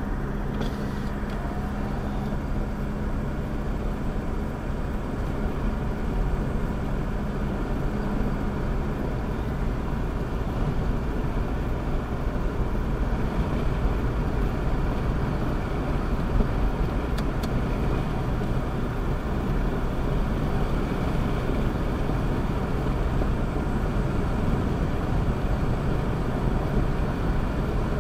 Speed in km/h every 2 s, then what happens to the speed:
66, 69, 71, 72, 72, 74, 74, 76, 77, 77, 77, 77, 79, 79.
0-16 speeds up to 77. 16-28 steady at about 77.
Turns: none.